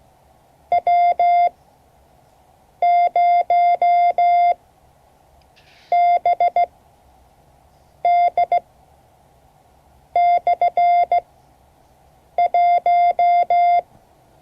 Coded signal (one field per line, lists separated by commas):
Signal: Morse code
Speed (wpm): 16 wpm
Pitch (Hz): 690 Hz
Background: none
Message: W0BD/1